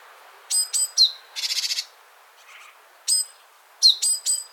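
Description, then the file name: Great tit: quick high ticks with a downslurred tail, then a pulsed rasping churr, followed by more ticks. "Parus major"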